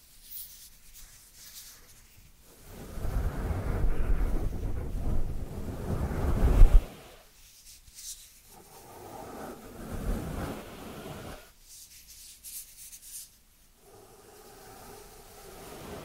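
Dry hands rub together in slow, rustling passes. The longest and loudest stretch runs from about three to seven seconds, with a low scuffing rumble that peaks just before it stops. A softer rub follows around eight to eleven seconds, with near-silent pauses between strokes.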